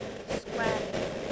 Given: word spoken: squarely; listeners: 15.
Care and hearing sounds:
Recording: one English word in noise, from a listening test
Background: noise modulated by three-talker babble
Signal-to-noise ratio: -6.0 dB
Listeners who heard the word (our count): 2 of 15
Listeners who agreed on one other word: 12 of 15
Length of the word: 0.92 s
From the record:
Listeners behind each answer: 12, 2, 1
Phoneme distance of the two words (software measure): 14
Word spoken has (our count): 2 syllables, 6 phonemes, stress on syllable 1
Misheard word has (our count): 1 syllable, 4 phonemes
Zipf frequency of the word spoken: 2.89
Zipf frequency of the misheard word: 4.78

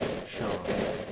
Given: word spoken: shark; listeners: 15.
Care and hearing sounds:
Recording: one English word in noise, from a listening test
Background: noise modulated by three-talker babble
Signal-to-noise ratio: -7.4 dB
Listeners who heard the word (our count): 4 of 15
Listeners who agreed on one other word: 8 of 15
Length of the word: 0.72 s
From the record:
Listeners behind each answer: 8, 4, 2, 1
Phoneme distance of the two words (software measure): 10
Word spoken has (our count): 1 syllable, 3 phonemes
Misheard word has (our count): 1 syllable, 3 phonemes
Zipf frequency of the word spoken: 4.17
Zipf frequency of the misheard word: 4.55

